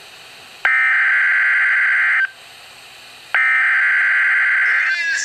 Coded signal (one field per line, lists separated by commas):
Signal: Emergency Alert System (SAME) tones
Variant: header bursts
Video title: Flash Flood Watch (EAS #125)